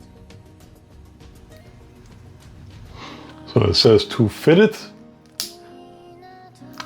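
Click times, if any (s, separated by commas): 5.4 s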